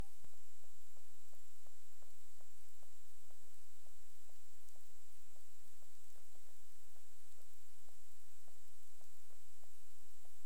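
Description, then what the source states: Cetacean clicks, short sharp pulses in a steady train of roughly three per second, over a constant background hiss and a steady high-pitched tone. Bermuda, 19 April 2021, 00:41 UTC.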